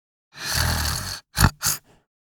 Little girl wakes up sudden snore.